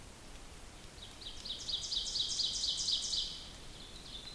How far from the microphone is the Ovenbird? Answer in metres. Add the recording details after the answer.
about 45 m. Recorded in boreal forest in Alberta, Canada, on 2 June 2016 at 06:28. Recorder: SongMeter 3, array SBT-3-7. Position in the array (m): 49 m, 149 m. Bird 4